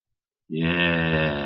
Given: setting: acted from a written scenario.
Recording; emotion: vocal sound without words; pride